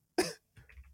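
One sharp, loud cough bursts out from an adult man who had held in a cough for a long time, followed half a second later by a quieter, rougher throat-clearing sound. It is a single isolated cough.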